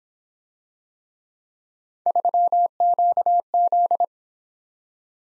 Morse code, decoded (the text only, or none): 3QZ